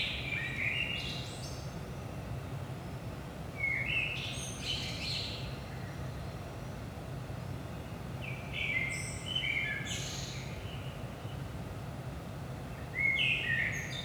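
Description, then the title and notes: Common blackbird delivers four fluted phrases a few seconds apart, most ending in a thin high twitter, over a continuous low hum. Recorded at 5 am in early morning in Saint-Gilles, Belgium; DPA 4060 microphones in AB position into a Zoom F3 recorder. "Saint-Gilles, Belgique - 5am Blackbird. Blackbird in the morning. Merle au petit matin"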